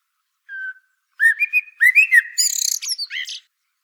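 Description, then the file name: Common blackbird song: a soft whistle, then mellow fluted notes sliding up and down, ending in a thin, high, squeaky twitter; no other sounds. "Turdus merula"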